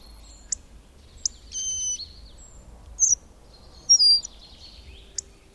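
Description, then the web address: Bird calls, brief high chirps and a flat whistled note with harmonics, then a pair of quick twittering notes, over low rumbling noise. "madarak enek"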